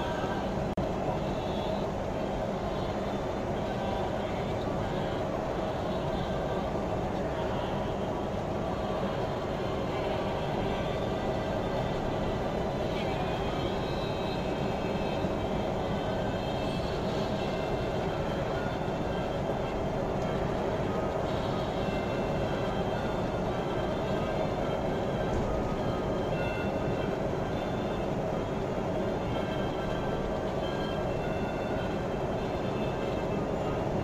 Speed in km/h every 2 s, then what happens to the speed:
61, 60, 61, 60, 64, 65, 65, 66, 66, 65, 65, 65, 65, 66, 66, 67, 68.
0-34 speeds up to 68.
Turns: none.